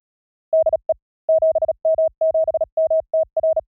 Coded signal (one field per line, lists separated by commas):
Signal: Morse code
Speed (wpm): 36 wpm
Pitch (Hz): 640 Hz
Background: none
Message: DE 7M7MTR